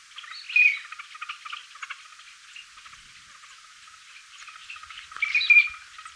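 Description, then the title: Yellow-billed teal calls: two bright, clipped whistles near the start and end, with soft rattling, ticking chatter running between them. Recorded in Chile; Spanish name jergón chico. "Jergon Chico Anas Flavirostris Peter Boesman. Yellow-billed Teal (Anas flavirostris)"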